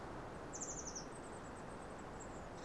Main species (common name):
Eurasian Blue Tit